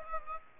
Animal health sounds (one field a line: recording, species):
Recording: mosquito wingbeat signal from an infrared sensor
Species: Aedes aegypti